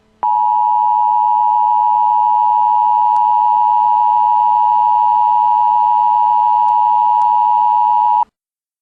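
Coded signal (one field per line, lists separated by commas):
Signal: Emergency Alert System (SAME) tones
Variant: 853 and 960 Hz attention tone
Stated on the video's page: Fictional EAS zombie scenario, not a real alert.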